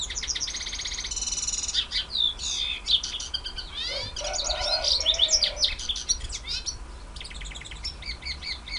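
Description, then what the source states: White-eye song, a long rapid stream of high twittering notes, sweeping slurs and buzzy trills that runs without pause, with a brief lower warble near the middle. Ngerol ngalas song style.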